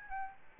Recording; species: mosquito wingbeat signal from an infrared sensor; Aedes albopictus